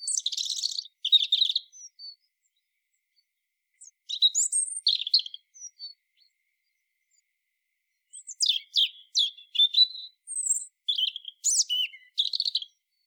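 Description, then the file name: European robin delivering three separate high song phrases of trills and thin whistles, separated by pauses of a few seconds. "Erithacus rubecula"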